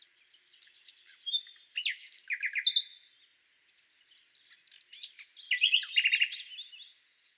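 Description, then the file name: Common nightingale: songbird singing a quieter, blurred jumble of varied chirps and short rapid runs, in two louder stretches with a lull between, fading toward the end. "Luscinia megarhynchos"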